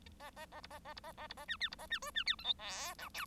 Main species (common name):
Bengalese Finch